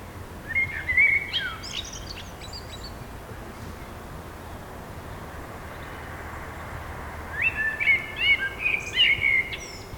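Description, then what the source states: Bird song, a warbling, twittering phrase near the start and another near the end, with steady low background noise between. In the woods.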